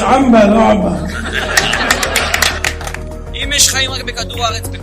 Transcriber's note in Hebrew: הקהל מוחא כפים